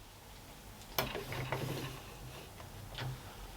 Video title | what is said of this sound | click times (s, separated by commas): Checking a Used Milling Machine | with it locked into place is there any sort of side movement so that's all pretty stiff | 1.0 s